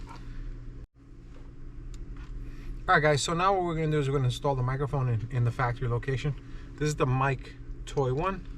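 A custom microphone for a 2014-2021 Toyota Tundra is handled at its factory mounting location in the truck's overhead trim, with faint handling ticks near 1.9 s and 2.2 s over a low steady hum while someone talks. Nothing has seated or clicked into the trim opening yet.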